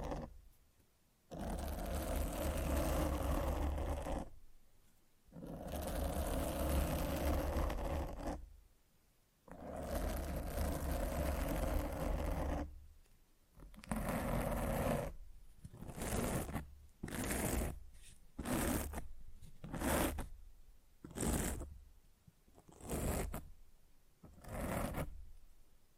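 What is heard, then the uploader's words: Scratching and rubbing on a microphone: two long dense scrapes early, then a run of short, rapid bursts separated by brief silences. ASMR Fall Asleep to Mic Scratching 1 Hour No Talking.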